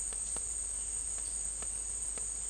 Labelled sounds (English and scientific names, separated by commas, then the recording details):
none
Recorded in dense forest near Puerto Asís, Putumayo, Colombia, on 20 December 2024 at 13:00
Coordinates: 0.482, -76.320
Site G021